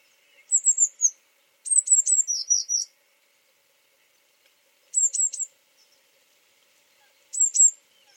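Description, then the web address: Eurasian blue tit calls: high, thin descending notes in quick bursts of three or four, one slightly lower run, repeated with pauses; otherwise quiet. "Deverinetal 2025 File origin Bird Only Cy Ca"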